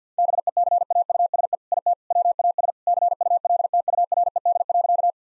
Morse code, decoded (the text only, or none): BECAUSE IT WAS CULTURED.